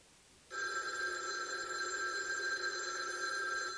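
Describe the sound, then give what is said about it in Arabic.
A telephone rings with a loud, steady electronic tone that starts abruptly after a brief quiet moment and holds unbroken and bright for several seconds, with no voices. “أمي أبي أمي أبي شيلوا التلفون، ردوا على أولادكم، ردوا على تكفون.”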